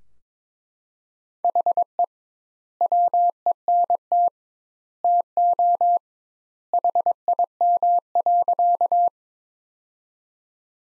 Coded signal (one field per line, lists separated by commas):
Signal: Morse code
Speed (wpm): 22 wpm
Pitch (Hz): 700 Hz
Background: none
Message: HE WENT TO HIM.